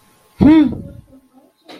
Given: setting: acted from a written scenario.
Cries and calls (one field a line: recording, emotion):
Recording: vocal sound without words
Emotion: anger